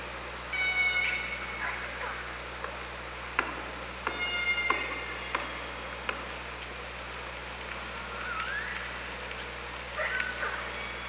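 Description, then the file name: Killer whale clicks and calls: sharp clicks at irregular intervals, with a few harmonic calls, some short and some rising, over steady underwater hum. OrcaLab hydrophone at Parson Island, 24 August 2017, 15:35. "Orca Lab UTLN JASON 20170824 153516 h 3 PI ORCALABDYNI"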